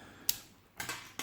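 The bit holder of a Ganzo G201 Black UK-legal multitool is clicked back onto the multitool's magnetic mount, with a sharp, bright click at 0.3 s as it seats magnetically. Two longer, softer broadband rustling bursts follow at about 0.8 s and 1.2 s.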